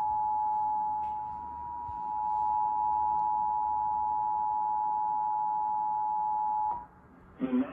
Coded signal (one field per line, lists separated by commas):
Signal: Emergency Alert System (SAME) tones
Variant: 853 and 960 Hz attention tone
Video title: NWS EAS Severe Thunderstorm Warning (5/10/21)